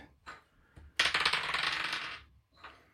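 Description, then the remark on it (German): Dice rolling on a table: a couple of light taps, then a bright, rapid clattering rattle lasting about a second before it settles, followed by one last small knock. “Philipp würfelt die Karte.”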